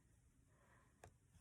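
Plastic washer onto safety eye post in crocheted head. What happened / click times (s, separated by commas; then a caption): The plastic washer clicked down to its final notch on the post / 1.0 s. A plastic washer is pushed down a safety eye post set in a crocheted head, and a short, faint click is heard at 1.0 s over a quiet background. This fourth click marks the washer reaching its final notch, seated as far down as it will go.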